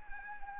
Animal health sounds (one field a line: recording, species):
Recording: mosquito wingbeat signal from an infrared sensor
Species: Anopheles arabiensis